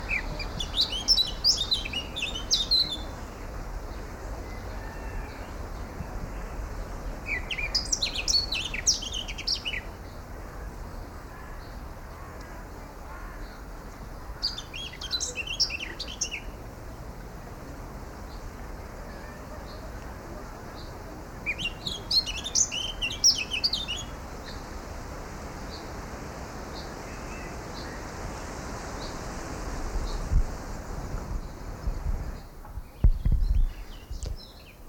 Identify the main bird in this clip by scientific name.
Sylvia atricapilla